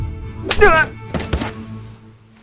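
A heavy body thuds down with a brief scraping clatter, followed by two sharper knocks like a chair being struck and jolted, then quiet.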